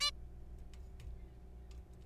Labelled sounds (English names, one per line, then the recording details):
Zebra Finch
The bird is a juvenile
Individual R3428